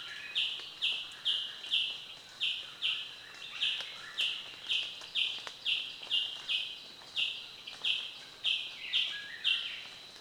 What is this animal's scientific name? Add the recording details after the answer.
Passer griseus. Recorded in Kibale, Uganda